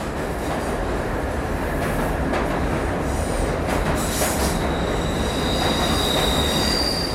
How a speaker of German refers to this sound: Und sobald jemand vorbeikommt, ist die U-Bahn zu hören, die vor den Augen der Droste vorbeirauscht.